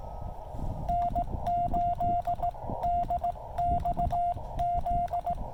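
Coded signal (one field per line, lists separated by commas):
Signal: Morse code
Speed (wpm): 18 wpm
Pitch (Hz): 700 Hz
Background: none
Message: N8DXZ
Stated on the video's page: Sent with portable paddles on a Yaesu FT-817ND QRP transceiver into an MFJ-1984LP end-fed half-wave antenna.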